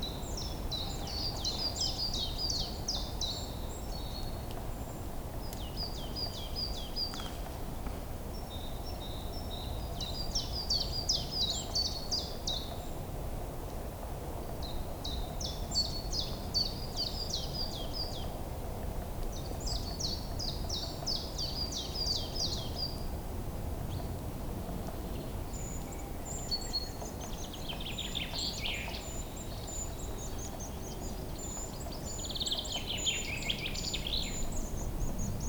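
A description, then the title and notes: Birds chirp in a forest over a steady low rumble of wind or distant noise. Bright, rapid trilled phrases repeat every few seconds through the first twenty-five seconds, then give way to softer, warbling calls. The birds sound moderately close against a constant background. Forest Birdsong Nature Sounds. Birds Chirping Ambience.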